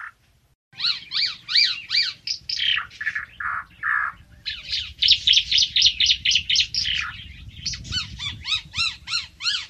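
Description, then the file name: Ara timor: a bird chatters in quick chirps, low falling whistles and dense rapid trills, over a rumbling background noise. "suara burung ara timor"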